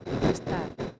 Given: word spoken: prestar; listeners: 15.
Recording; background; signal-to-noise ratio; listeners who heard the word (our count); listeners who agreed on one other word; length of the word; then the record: one Spanish word in noise, from a listening test; noise modulated by one talker; -7.0 dB; 1 of 15; 12 of 15; 0.59 s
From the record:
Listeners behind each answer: 12, 1, 1, 1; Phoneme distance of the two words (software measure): 14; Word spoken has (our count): 2 syllables, 7 phonemes, stress on syllable 2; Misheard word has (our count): 2 syllables, 5 phonemes, stress on syllable 2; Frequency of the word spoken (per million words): 16.23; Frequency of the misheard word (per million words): 303.37